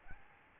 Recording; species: mosquito wingbeat signal from an infrared sensor; Aedes albopictus